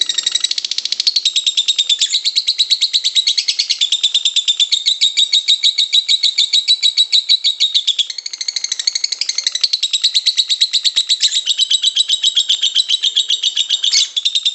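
Bird singing a continuous, fast, high-pitched chattering song with dense trills and buzzy twittering that runs almost without pause.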